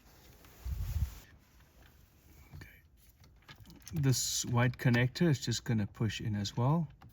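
A white plastic wiring connector is handled while being pushed into the clock spring during a 2007-2012 Nissan Versa clock spring replacement. A low thump near 0.7–1.1 s and faint handling taps around 2.6 s and 3.7–3.9 s are heard, and then someone talks from about 4 s. Nothing has seated or clicked yet.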